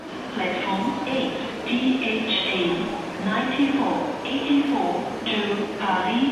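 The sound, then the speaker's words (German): A tinny, band-limited voice makes a train station loudspeaker announcement, referring to the Thalys train only by a railway-jargon abbreviation, speaking steadily at an even level over faint low rumble, the phrases running on without long pauses. “In der Lautsprecheransage taucht der Thales nicht mehr mit seinem richtigen Zugnamen auf, sondern nur noch als Kürzel im Eisenbahnerjargon.”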